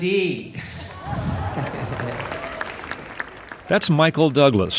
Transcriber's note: laughter; applause